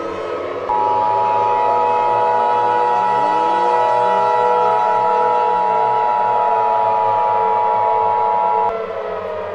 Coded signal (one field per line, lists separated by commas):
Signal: Emergency Alert System (SAME) tones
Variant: 853 and 960 Hz attention tone